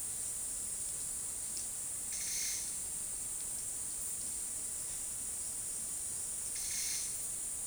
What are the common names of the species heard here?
none